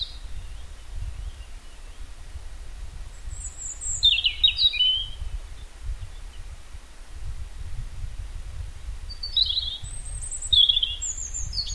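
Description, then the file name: European robin song, short high warbled phrases with thin trills near the top, in two bursts separated by a pause, over low rumbling background noise. "Erithacus rubecula"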